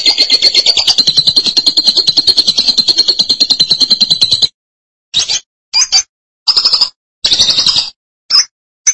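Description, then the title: Lovebird song, with a long run of rapid, rattling high chatter for four and a half seconds, then a series of uneven, scratchy bursts and chips. "BM Suara Burung Lovebird"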